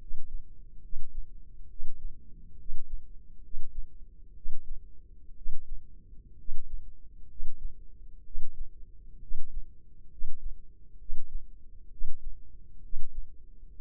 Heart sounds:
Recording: heart sounds by microphone in the left ear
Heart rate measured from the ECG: 65 bpm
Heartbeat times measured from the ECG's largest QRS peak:
0.82 s: heartbeat
1.69 s: heartbeat
2.58 s: heartbeat
3.43 s: heartbeat
4.35 s: heartbeat
5.36 s: heartbeat
6.38 s: heartbeat
7.29 s: heartbeat
8.25 s: heartbeat
9.21 s: heartbeat
10.11 s: heartbeat
10.99 s: heartbeat
11.91 s: heartbeat
12.83 s: heartbeat
13.71 s: heartbeat
From the record:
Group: healthy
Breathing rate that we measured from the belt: 17 breaths a minute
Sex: male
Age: 30 years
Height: 188 cm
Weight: 110.2 kg

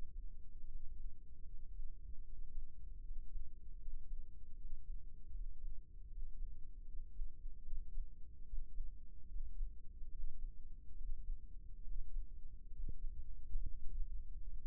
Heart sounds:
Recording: heart sounds by microphone in the left ear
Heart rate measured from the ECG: 74 bpm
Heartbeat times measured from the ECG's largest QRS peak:
0.66 s: heartbeat
1.46 s: heartbeat
2.24 s: heartbeat
3.02 s: heartbeat
3.80 s: heartbeat
4.57 s: heartbeat
5.33 s: heartbeat
6.09 s: heartbeat
6.86 s: heartbeat
7.65 s: heartbeat
8.45 s: heartbeat
9.28 s: heartbeat
10.11 s: heartbeat
10.97 s: heartbeat
11.84 s: heartbeat
12.72 s: heartbeat
13.63 s: heartbeat
14.53 s: heartbeat
From the record:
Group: healthy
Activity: breath hold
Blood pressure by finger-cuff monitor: 102/58 mmHg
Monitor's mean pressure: 67 mmHg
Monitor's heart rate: 75 bpm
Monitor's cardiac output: 6 L/min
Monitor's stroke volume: 85 mL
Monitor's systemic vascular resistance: 680 dyn s/cm5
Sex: male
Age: 22 years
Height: 181 cm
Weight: 79 kg

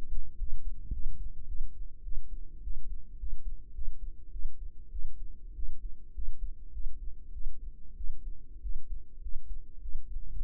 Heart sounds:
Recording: heart sounds by microphone in the right ear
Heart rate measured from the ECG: 102 bpm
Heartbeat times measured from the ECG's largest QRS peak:
0.39 s: heartbeat
0.93 s: heartbeat
1.47 s: heartbeat
2.04 s: heartbeat
2.63 s: heartbeat
3.19 s: heartbeat
3.74 s: heartbeat
4.32 s: heartbeat
4.92 s: heartbeat
5.55 s: heartbeat
6.14 s: heartbeat
6.73 s: heartbeat
7.33 s: heartbeat
7.96 s: heartbeat
8.62 s: heartbeat
9.22 s: heartbeat
9.81 s: heartbeat
10.42 s: heartbeat
From the record:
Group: healthy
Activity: rest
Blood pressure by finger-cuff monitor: 103/65 mmHg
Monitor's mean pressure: 77 mmHg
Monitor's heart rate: 100 bpm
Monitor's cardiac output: 8.1 L/min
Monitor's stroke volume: 79 mL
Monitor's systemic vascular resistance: 690 dyn s/cm5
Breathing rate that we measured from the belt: 21 breaths a minute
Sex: female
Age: 19 years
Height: 163 cm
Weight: 48.9 kg

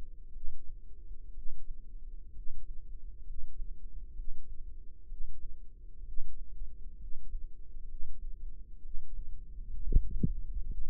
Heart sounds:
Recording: heart sounds by microphone in the left ear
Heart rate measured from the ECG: 64 bpm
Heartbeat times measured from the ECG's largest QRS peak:
0.30 s: heartbeat
1.31 s: heartbeat
2.31 s: heartbeat
3.22 s: heartbeat
4.12 s: heartbeat
5.05 s: heartbeat
6.01 s: heartbeat
6.95 s: heartbeat
7.85 s: heartbeat
8.79 s: heartbeat
9.74 s: heartbeat
10.65 s: heartbeat
From the record:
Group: healthy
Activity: rest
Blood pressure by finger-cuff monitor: 103/67 mmHg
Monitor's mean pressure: 78 mmHg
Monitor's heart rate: 63 bpm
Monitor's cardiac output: 5.1 L/min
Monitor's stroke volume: 80 mL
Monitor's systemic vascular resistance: 1110 dyn s/cm5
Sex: female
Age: 22 years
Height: 171 cm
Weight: 65.6 kg

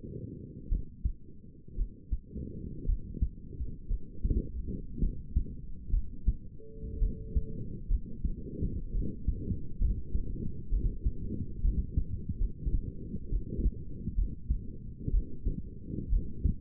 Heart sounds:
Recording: heart sounds by stethoscope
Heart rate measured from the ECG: 62 bpm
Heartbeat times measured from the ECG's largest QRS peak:
0.69 s: heartbeat
1.76 s: heartbeat
2.86 s: heartbeat
3.88 s: heartbeat
5.00 s: heartbeat
5.91 s: heartbeat
7.00 s: heartbeat
7.89 s: heartbeat
8.92 s: heartbeat
9.79 s: heartbeat
10.70 s: heartbeat
11.62 s: heartbeat
12.39 s: heartbeat
13.30 s: heartbeat
14.16 s: heartbeat
15.12 s: heartbeat
16.10 s: heartbeat
From the record:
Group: healthy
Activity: rest 0-7 s, light exercise 7-17 s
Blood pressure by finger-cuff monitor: 108/64 mmHg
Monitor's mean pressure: 79 mmHg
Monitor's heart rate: 63 bpm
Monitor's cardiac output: 5.1 L/min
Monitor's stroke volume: 91 mL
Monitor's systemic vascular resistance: 1100 dyn s/cm5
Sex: female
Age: 28 years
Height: 170 cm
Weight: 77 kg

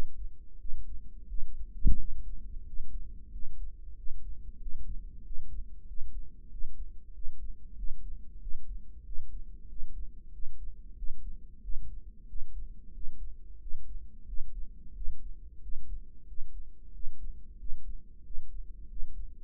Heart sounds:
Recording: heart sounds by microphone in the right ear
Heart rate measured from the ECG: 92 bpm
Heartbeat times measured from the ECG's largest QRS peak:
0.60 s: heartbeat
1.29 s: heartbeat
1.99 s: heartbeat
2.67 s: heartbeat
3.33 s: heartbeat
3.97 s: heartbeat
4.61 s: heartbeat
5.25 s: heartbeat
5.88 s: heartbeat
6.52 s: heartbeat
7.15 s: heartbeat
7.78 s: heartbeat
8.42 s: heartbeat
9.06 s: heartbeat
9.70 s: heartbeat
10.34 s: heartbeat
10.97 s: heartbeat
11.63 s: heartbeat
12.29 s: heartbeat
12.95 s: heartbeat
13.61 s: heartbeat
14.28 s: heartbeat
14.96 s: heartbeat
15.63 s: heartbeat
16.28 s: heartbeat
16.94 s: heartbeat
17.60 s: heartbeat
18.25 s: heartbeat
18.90 s: heartbeat
From the record:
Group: healthy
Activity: rest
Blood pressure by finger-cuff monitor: 154/93 mmHg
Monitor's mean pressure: 111 mmHg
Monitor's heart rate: 91 bpm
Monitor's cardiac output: 7.2 L/min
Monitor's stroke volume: 80 mL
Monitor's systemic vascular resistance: 1150 dyn s/cm5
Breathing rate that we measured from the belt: 19 breaths a minute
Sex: male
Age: 21 years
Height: 175 cm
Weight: 72.6 kg

